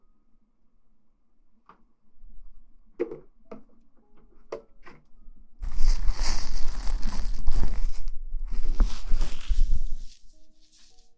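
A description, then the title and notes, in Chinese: Hair being washed with shampoo: scattered soft taps and clicks early, then dense wet scrubbing and squelching from about six to ten seconds. ASMR洗头助眠 发廊的姐姐shampoo wash hair 耳边轻语 角色扮演 中文剧情 泡沫触发音 头部按摩抓头皮。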